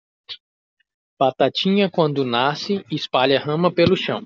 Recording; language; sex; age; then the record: short text; Brazilian Portuguese; male; 20 to 29 years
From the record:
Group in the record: control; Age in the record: 28 years